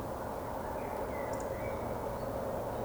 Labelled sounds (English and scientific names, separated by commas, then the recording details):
Eurasian Woodcock (Scolopax rusticola) whistle
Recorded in Baden-Württemberg, Germany, on 24 June 2020 at 20:00 UTC
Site 14569, 102 m above sea level